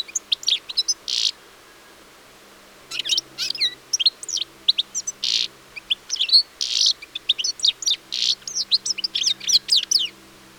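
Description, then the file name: European Goldfinch twittering song, a fast run of tinkling high notes, slurred whistles and short buzzy bursts, broken by brief pauses. "Carduelis carduelis"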